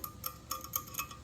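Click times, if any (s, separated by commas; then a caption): none. A new oil pump intermediate shaft is pushed onto the oil pump of a 1996 5.7 L engine to see whether it snaps in place. Only light metallic clinks and ticks are heard, at about 0.0, 0.3, 0.5, 0.6, 0.8 and 1.0 s, as the metal parts are handled. Nothing has clicked or seated; the shaft does not snap in and just sits on the pump.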